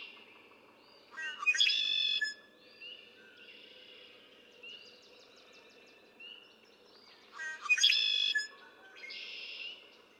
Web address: birdsongforthecurious songs Red-winged Blackbird